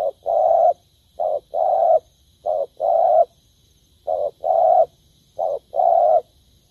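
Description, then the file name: Spotted dove cooing in clear two-part phrases, a short hoot then a longer rounded coo, repeated several times. "tieng cu dat gay"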